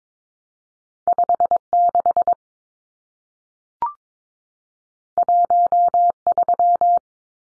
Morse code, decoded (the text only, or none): 56 13